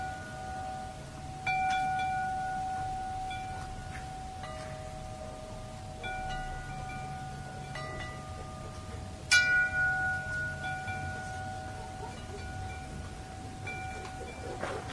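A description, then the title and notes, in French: A metal chime rings in scattered strikes, each leaving a long, clear sustained tone that overlaps the next. The loudest strike lands around nine seconds, with quieter ones near 1.5, 4.5, 6, 8 and 14 seconds. A low, steady rumble runs underneath throughout. Carillon en métal.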